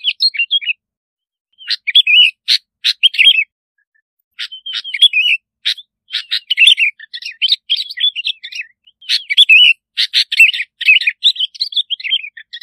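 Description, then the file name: Bulbul delivering repeated cheerful warbled phrases with sharp clicks, in bursts separated by short silent gaps. "Tieng chao mao bong lau"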